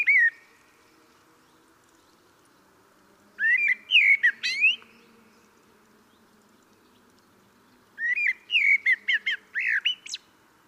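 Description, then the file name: Common blackbird singing two phrases several seconds apart after the end of an earlier one, each opening with rich fluted whistles and closing in a rapid, thin twittering flourish. "Turdus merula"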